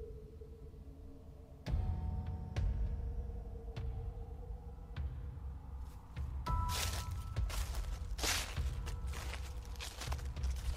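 Footsteps of a little girl crunch and rustle over dry leaves in a garden shaded by lychee and longan trees, a few separate steps at first, then a quicker run of crackling, scratchy crunches, fairly loud and with no one talking.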